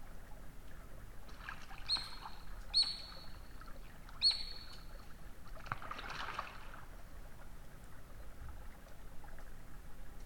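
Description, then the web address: Eurasian otter uttering three quick shrill whistles within a few seconds, then a burst of gentle splashing water. "saukko lauri hallikainen. saukon voi loytaa sulapaikan liepeilta"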